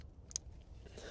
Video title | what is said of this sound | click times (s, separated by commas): Mustang GT Overheating Issue PERMANENT Fix | That clicks in. You can hear the click. | 0.4 s